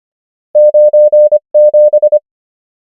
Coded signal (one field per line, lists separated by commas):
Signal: Morse code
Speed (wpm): 25 wpm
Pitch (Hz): 600 Hz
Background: none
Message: 9 7